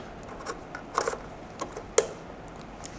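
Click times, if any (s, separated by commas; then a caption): 2.0 s. A pre-made fiber optic cable connector is slid into the SFP port of an outdoor device, with small scraping and tapping sounds around 1.0 s and 1.1 s. It locks in with a sharp click at 2.0 s and is now connected. No one talks.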